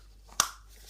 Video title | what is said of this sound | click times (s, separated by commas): Baby Bjorn Carrier One Outdoors Review And Demonstration | nice clicks I love that they have Audible clicks | 0.4 s